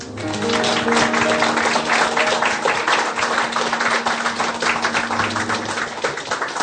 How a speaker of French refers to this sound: Raison de plus pour accueillir avec encore plus d'applaudissements nos deux intervenants. C'est le général de Roquefeuille et le général Arnaud.